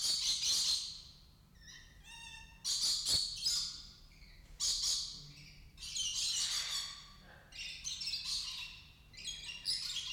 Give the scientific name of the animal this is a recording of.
Trichoglossus haematodus